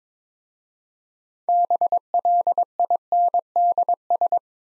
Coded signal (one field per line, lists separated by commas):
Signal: Morse code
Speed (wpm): 27 wpm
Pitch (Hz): 700 Hz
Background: none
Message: BLINDS